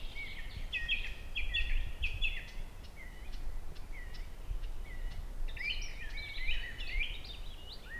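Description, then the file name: Thrush nightingale song: varied phrases of sharp chirps, clicks and short trills, repeated with brief pauses, over a steady low rumble. "Naktergal"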